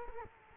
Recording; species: mosquito wingbeat signal from an infrared sensor; Culex quinquefasciatus